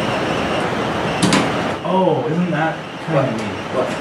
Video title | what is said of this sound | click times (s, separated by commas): Studio D: Day 10 | it's like a little spring mechanism so that as I push this up it's just me snap into place I don't have to mess with it like although | 1.3 s